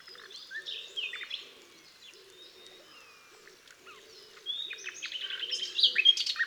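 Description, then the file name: Common nightingale: songbird phrases, quiet at first then louder and richer near the end, mixing slurred whistles and rapid notes, with a soft low call series repeating throughout. "Luscinia megarhynchos"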